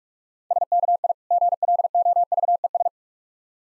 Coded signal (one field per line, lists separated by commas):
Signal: Morse code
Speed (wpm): 48 wpm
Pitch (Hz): 700 Hz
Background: none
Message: SKI GLOVES